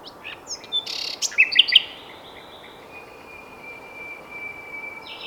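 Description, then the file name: Common nightingale song: a short burst of varied high whistles and buzzy trilled notes, then a long faint sustained tone over steady background hiss. "Luscinia megarhynchos"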